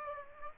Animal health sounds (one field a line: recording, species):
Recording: mosquito wingbeat signal from an infrared sensor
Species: Aedes aegypti